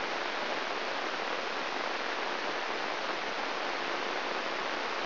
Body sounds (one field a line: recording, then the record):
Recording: brain microelectrode recording played as sound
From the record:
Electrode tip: inside the subthalamic nucleus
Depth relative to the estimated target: 0 mm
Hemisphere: left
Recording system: AlphaMap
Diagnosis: Parkinson's disease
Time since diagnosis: 13 years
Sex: male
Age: 63 years